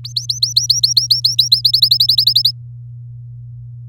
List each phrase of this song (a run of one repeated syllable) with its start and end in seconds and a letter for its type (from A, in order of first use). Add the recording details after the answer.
0.04-1.61 A, 1.64-2.51 B. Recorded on 8 May 2018 at 05:37. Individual llb16